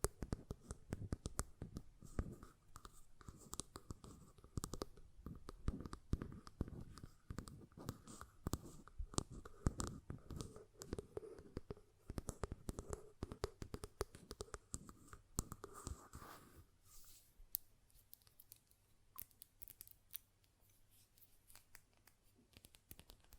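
Glass perfume bottle tapping and lid handling: quick, irregular clicks and taps crowd the first sixteen seconds, with a faint ringing tone under them. Around seventeen seconds the busy handling stops, leaving sparse soft ticks and light scraping over a low hum.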